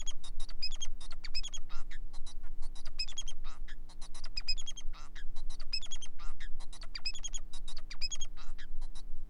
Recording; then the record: song of a male Bengalese finch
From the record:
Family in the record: son of father 4